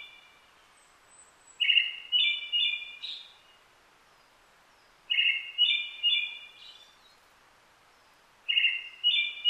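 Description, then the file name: Brown-headed thrush song with three phrases of a few mellow, burry notes, about three and a half seconds apart. Recorded on 29 June 2009 at 17:46. "akahara-20090629-1746"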